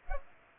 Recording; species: mosquito wingbeat signal from an infrared sensor; Culex pipiens